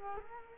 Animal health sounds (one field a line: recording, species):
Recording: mosquito wingbeat signal from an infrared sensor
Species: Culex quinquefasciatus